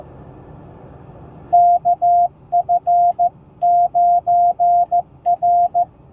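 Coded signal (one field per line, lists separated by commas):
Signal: Morse code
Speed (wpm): 15 wpm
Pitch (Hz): 700 Hz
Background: none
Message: KF9R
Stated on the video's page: POTA park activation on 20m using a Hamstick antenna and a 10-watt Icom IC-703+.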